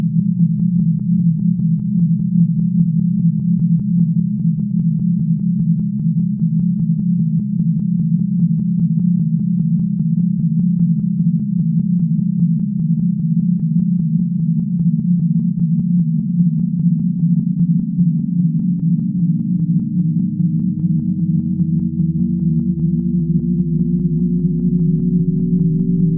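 Binaural tones: a steady, low hum with a fast regular pulsing throughout. From about sixteen seconds a second tone begins slowly rising while another glides downward, the pitches drifting apart through the end. Nothing else is heard.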